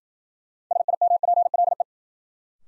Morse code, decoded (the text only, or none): SIMPLE